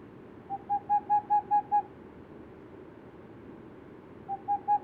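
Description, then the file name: Boreal owl hooting: a rapid series of seven soft, even hoots on one low pitch, then a pause and another run of hoots beginning near the end. Unpaired male hooting. "Tengmalms Owl Hooting of unpaired male"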